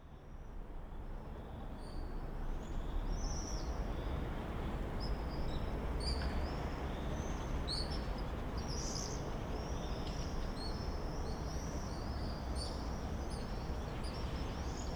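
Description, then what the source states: Common swifts screaming, a continuous scatter of shrill, high trilling screams from several birds, several each second, above a constant low background hum. Summer evening in a backyard in Bytom, Poland; many swifts circling; recorded with Zoom F4 and AT BP4025.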